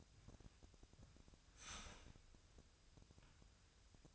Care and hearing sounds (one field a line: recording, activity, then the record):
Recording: daily activity, microphone in the room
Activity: start toaster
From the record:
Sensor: 2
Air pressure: 1001.8 hPa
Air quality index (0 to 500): 246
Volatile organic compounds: 37 ppm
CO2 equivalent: 3098 ppm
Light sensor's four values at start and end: 9/30/12/11 and 9/30/12/11